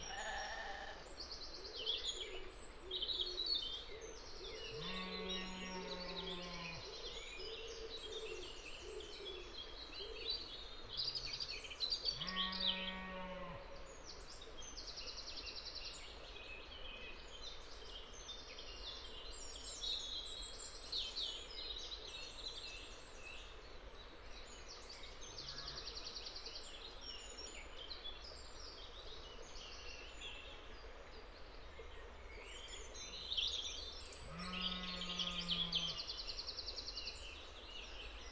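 Steady wind washes across the landscape while birds chirp constantly, and a cow lows three times, near five, twelve and thirty-five seconds.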